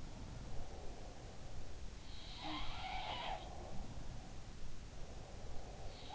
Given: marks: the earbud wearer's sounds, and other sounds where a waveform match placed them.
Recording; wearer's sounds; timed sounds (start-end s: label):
sounds in sleep by an in-ear microphone; breath
0.40-2.09 s: breath
1.89-4.59 s: sound from someone else or the room
3.04-6.15 s: breath